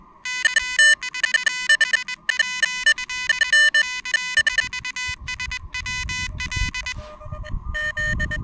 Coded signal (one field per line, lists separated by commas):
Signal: Morse code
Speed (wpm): 20 wpm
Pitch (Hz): 2500 Hz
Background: none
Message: K4SWL K4SWL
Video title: Chilly Pedestrian Mobile POTA Hunting at the QTH!